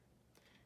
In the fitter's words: then it's locked so you pull the trigger to release it all the way back